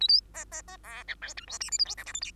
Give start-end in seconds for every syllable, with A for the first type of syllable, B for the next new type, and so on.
0.00-0.08 A, 0.08-0.21 B, 0.34-0.45 C, 0.51-0.62 C, 0.67-0.77 C, 0.83-1.04 D, 1.07-1.15 E, 1.21-1.34 F, 1.37-1.46 G, 1.47-1.58 H, 1.60-1.70 I, 1.71-1.78 J, 1.78-1.85 K, 1.85-1.95 L, 1.97-2.05 M, 2.06-2.13 N, 2.13-2.21 O, 2.21-2.31 P